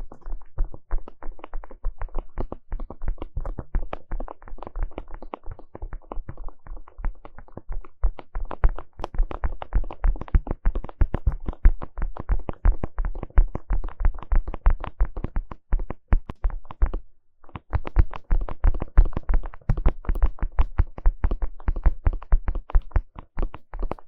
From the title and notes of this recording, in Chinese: 快速耳朵敲擊 | EAR Fast Tapping for Tingles | NoTalking。純粹的耳朵敲擊。